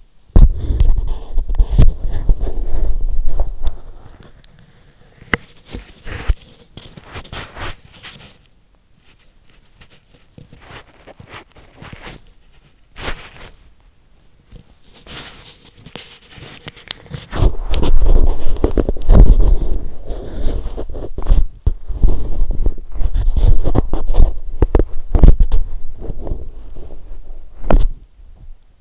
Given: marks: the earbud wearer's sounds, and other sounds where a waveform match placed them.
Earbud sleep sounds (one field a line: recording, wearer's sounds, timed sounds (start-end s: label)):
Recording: sounds in sleep by an in-ear microphone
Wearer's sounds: body movement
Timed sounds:
0.00-28.81 s: body movement